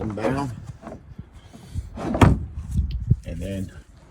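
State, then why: Not seated. Someone talks while handling an aftermarket bed extender arm for a Ford F150 pickup, swinging it up and down near its mount on the truck bed side, with several short knocks and thumps, the loudest at about 2.2 s. Nothing has seated or clicked yet; the arm's latch has not locked in place.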